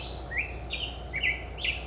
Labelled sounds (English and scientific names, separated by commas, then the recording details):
Black-headed Grosbeak (Pheucticus melanocephalus)
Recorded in Sonoma County, California